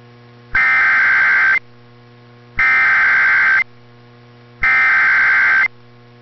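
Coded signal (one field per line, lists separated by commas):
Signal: Emergency Alert System (SAME) tones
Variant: header bursts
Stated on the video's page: Real EAS alerts from Texas, personal captures.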